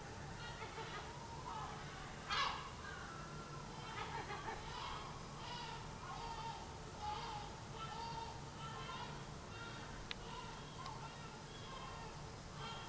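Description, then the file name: Gulls calling: harsh, harmonic squawks repeated throughout, one louder call standing out, over a constant low rumbling background. Several gulls recorded at dawn on 20 July 2020. "2020 07 20 seagulls at dawn"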